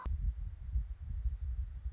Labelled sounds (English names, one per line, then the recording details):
Anna's Hummingbird
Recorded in Sonoma County, California